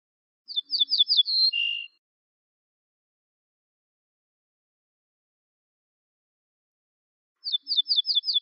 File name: suara kicauan ortolan